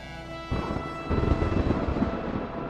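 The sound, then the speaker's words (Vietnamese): A sudden burst of deep thunder rolls in and keeps rumbling loudly over a steady wash of heavy rain under a dark sky, the low roar swelling and churning without any voices. “Trên trời đổ mưa thật lớn, một tiếng sét gầm lên dữ dội, rền vang cả một bầu trời tối đen mù mịt.”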